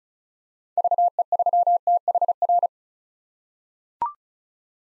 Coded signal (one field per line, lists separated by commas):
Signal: Morse code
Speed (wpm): 36 wpm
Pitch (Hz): 700 Hz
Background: none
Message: VE3THR